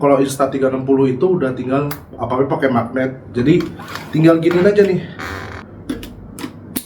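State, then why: Seated. An Insta360 Ace Pro 2 action camera is pressed onto its magnetic quick-release mount while someone talks. A few soft taps come near the end, then a sharp click at 6.8 s as the camera seats on the mount and holds securely without any extra locking.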